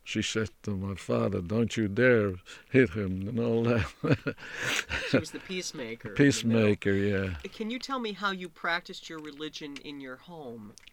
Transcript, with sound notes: She said to my father, "Don't you dare hit him," and all that. (he laughs)
She was the peacemaker.
Peacemaker, yeah.
Can you tell me how you practiced your religion in your home.